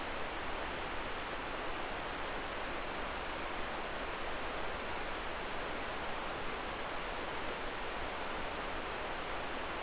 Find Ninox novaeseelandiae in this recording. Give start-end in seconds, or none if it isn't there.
none